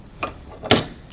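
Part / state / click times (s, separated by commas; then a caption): pallet tape roller into changing station holder / seated / 0.7 s. A pallet tape roller is dropped into its holder on the back of a changing station. A short knock at 0.2 s is followed by a sharper, louder snap at 0.7 s as it locks into place, then a faint tick near 1.1 s.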